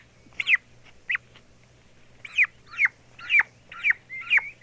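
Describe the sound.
Turkey chick peeps, sparse high arched notes with a pause early on, faint low hum in the background.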